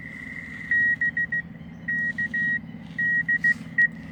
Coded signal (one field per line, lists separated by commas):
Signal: Morse code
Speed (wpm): 15 wpm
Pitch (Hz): 1900 Hz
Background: none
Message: BK DE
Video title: Ten Pieces of Radio Prepping Advice.